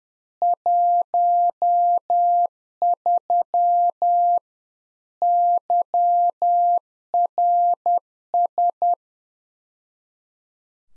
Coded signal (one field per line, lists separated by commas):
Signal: Morse code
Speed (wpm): 10 wpm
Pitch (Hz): 700 Hz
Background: none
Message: 13 YRS